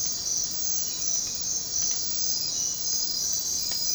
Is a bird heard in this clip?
no